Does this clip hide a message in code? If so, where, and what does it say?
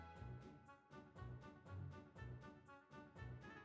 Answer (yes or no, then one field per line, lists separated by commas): no